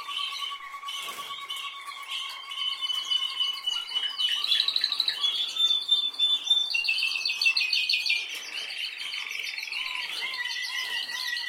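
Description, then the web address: Canary singing a long, varied song: steady whistled tones, then buzzy rapid trills that climb higher midway before settling into lower rolling notes. "Canari Seda Canari"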